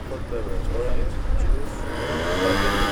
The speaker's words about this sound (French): En plus, le bruit de la moto. Voilà. C'est radiophonique, c'est ce qu'on cherche.